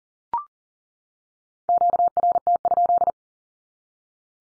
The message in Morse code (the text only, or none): QRT?